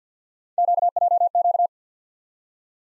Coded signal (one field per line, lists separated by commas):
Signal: Morse code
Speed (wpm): 50 wpm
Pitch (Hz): 700 Hz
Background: none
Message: QJQ